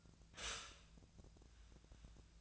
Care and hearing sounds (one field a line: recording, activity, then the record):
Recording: daily activity, microphone in the room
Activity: stop toaster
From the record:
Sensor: 2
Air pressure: 1009.2 hPa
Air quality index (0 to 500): 187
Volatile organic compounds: 11 ppm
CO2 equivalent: 2315 ppm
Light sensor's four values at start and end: 23/57/24/27 and 23/57/24/26